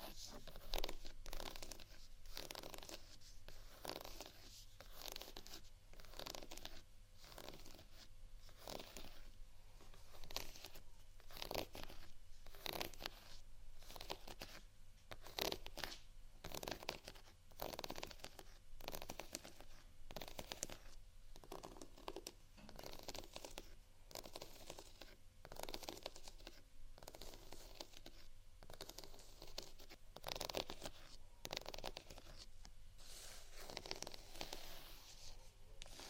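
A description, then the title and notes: Scratching and tapping on textured items, bright, with quick rasping strokes and taps repeating at a brisk, fairly regular rate throughout. A steady low hum and a faint sustained tone sit underneath. Scratch & Tap On Textured Items & Beat.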